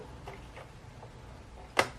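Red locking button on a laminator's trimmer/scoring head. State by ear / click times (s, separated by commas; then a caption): released / 1.8 s. Someone pulls up the red locking button on a 3-in-1 laminator's cutting/scoring head to free the blade carriage. After a few faint ticks, a sharp plastic click sounds at 1.8 s, and the blade lock is released and unlocked.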